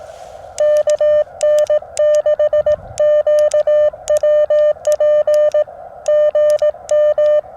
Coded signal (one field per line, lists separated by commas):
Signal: Morse code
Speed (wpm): 18 wpm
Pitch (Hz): 620 Hz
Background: none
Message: KN6QWP GM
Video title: JPC 12 Antenna Tested on POTA Activation